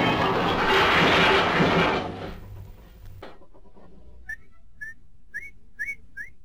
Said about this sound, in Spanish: Silbemos la siguiente melodía, mientras Blancanieves nos enseña cómo limpiar cada día.